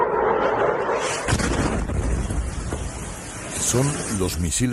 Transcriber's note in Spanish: sonido de las bombas cayendo